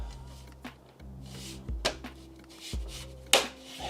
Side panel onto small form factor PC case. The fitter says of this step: it just snaps in place bro it's so cool